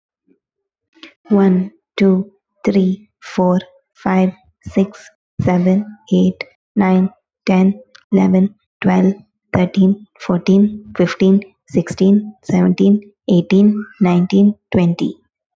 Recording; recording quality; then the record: counting at a normal pace; excellent, no background noise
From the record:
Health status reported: healthy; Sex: female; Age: 24 years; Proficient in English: yes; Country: India